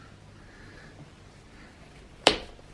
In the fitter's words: you can hear that clicking in there I feel